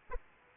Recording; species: mosquito wingbeat signal from an infrared sensor; Aedes aegypti